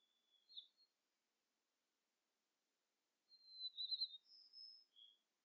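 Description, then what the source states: White-crowned sparrow song, faint: a brief fragment at first, then a whistle, a jumbled trill, a high buzz and a short lower buzzy note after a pause. Gambel's subspecies, Zonotrichia leucophrys gambelii.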